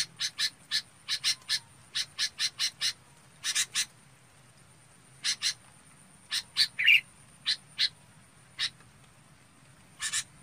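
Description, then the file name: Red-whiskered bulbul calls: a rapid series of dry chips, a pause, then sparser chips with one brief whistle. Calling to its flock. "Tieng chao mao bong goi bay"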